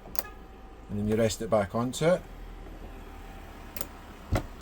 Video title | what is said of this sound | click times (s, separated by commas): Skye - Chausson 660 Handover pt 2 | If you open it slowly, you'll hear a little click, | 0.2 s